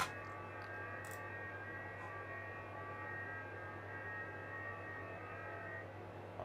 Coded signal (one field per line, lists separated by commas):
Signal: FT8